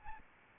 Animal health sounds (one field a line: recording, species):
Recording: mosquito wingbeat signal from an infrared sensor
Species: Aedes albopictus